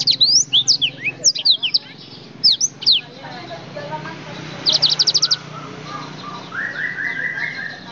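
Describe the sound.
Oriental magpie-robin song, a quick run of sweeping whistled notes, followed by a brief rattling trill and quieter repeated rising notes over background hiss.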